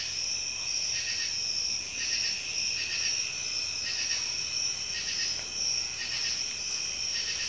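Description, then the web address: Insects in a dense night chorus, a steady high shrill trill with irregular pulsing bursts. At night; cicadas and insects together. "night sounds cicadas and crickets"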